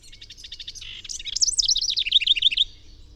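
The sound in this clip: Bird delivering one high song phrase of about two and a half seconds: buzzy ticking notes, then a quick run of looping, up-and-down slurred notes.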